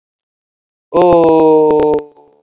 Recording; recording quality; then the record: sustained vowel as in boot; excellent, no background noise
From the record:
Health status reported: healthy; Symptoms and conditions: none ticked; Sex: male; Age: 35 years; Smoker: not ticked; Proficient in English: yes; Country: India